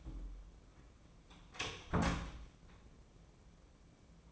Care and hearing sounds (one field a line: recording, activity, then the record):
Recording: daily activity, microphone in the room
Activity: close door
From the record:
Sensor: 1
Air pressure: 1012.4 hPa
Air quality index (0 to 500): 162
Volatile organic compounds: 3 ppm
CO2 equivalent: 1331 ppm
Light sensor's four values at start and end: 778/1669/786/889 and 778/1671/786/889